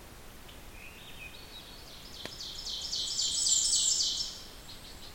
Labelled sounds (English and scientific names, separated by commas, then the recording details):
Ovenbird (Seiurus aurocapilla) song
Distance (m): 35 m
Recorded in boreal forest in Alberta, Canada, on 14 June 2016 at 05:23
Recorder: SongMeter 3, array SBT-3-33
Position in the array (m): 109 m, 34 m
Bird 21